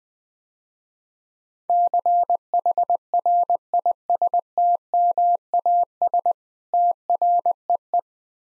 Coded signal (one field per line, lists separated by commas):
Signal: Morse code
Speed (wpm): 20 wpm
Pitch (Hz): 700 Hz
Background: none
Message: CHRISTMAS TREE